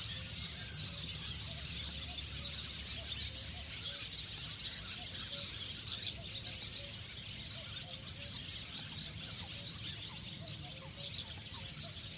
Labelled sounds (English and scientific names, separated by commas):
Barn Swallow (Hirundo rustica) call